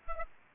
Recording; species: mosquito wingbeat signal from an infrared sensor; Aedes aegypti